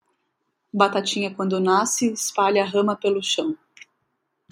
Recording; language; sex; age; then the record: short text; Brazilian Portuguese; female; 30 to 39 years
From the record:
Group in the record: control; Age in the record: 33 years